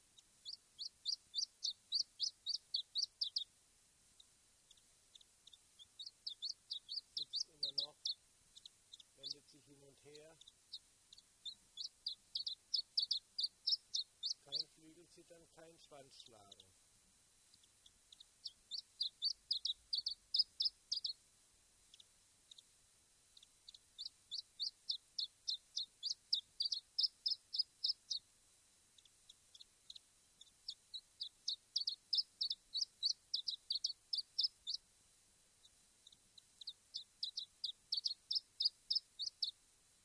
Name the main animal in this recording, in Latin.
Phylloscopus ibericus